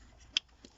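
A small electrical connector is plugged back in at the bottom of the diesel fuel filter housing on a Peugeot/Citroën 1.6 HDi FAP. A sharp, light plastic click is heard at 0.4 s, followed by a fainter tap at about 0.6 s. The connector is seated.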